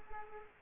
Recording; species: mosquito wingbeat signal from an infrared sensor; Culex quinquefasciatus